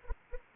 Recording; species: mosquito wingbeat signal from an infrared sensor; Anopheles arabiensis